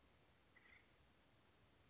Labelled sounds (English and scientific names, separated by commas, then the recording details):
Acorn Woodpecker (Melanerpes formicivorus)
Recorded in Sonoma County, California